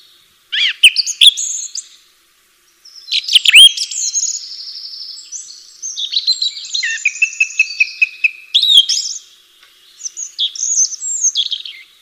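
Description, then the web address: Bird singing at length: bold swooping notes, then a long run of overlapping whistles and rapid ticking chirps, a brief pause and more twittering. "atelierson sons birds"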